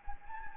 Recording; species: mosquito wingbeat signal from an infrared sensor; Anopheles gambiae